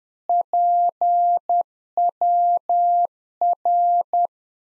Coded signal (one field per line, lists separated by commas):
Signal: Morse code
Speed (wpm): 10 wpm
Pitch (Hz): 700 Hz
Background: none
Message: PWR